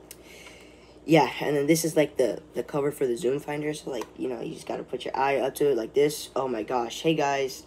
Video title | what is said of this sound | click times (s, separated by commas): Polaroid cameras | then boom, you just have to hear that like mouse click kind of when it closes, I mean. | 0.1 s